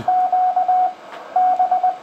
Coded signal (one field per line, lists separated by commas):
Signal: Morse code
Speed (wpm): 21 wpm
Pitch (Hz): 720 Hz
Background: radio noise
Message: Q B